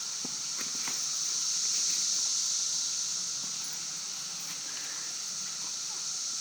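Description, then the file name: Cicadas in a steady, dense, hissing high-pitched chorus that swells and fades slowly, with a few faint clicks and taps underneath. Several cicadas recorded at Broken Rock Falls on 11 June 2016 at 5:12 pm. "Cicadas at Broken Rock Falls 2016-06-11 512 pm"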